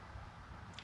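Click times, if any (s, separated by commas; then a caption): none. An internal part is being handled into the chassis of a Nintendo Switch handheld game console during reassembly after a fan replacement. Low, steady background rumble is heard with a brief, sharp tick near 0.8 s. Nothing has seated or clicked into place yet.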